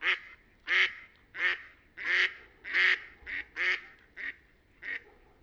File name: Didžioji Antis Mallard - Anas platyrhynchos